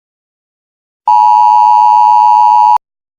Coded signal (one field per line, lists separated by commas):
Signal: Emergency Alert System (SAME) tones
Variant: 853 and 960 Hz attention tone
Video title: Eas scenario: "ETERNAL" darkness